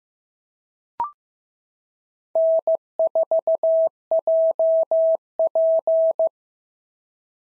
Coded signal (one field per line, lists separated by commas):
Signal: Morse code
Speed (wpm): 14 wpm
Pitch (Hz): 650 Hz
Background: none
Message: N4JP